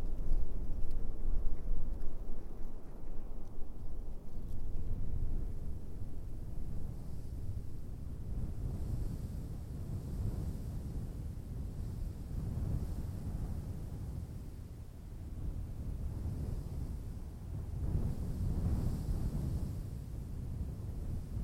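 Outdoor desert soundscape from the Empty Quarter's sand dunes, dominated by a deep, continuous rumble that swells and eases in slow gusts, like wind buffeting the microphone or an engine. Little else stands out; higher sounds stay faint and hissy throughout.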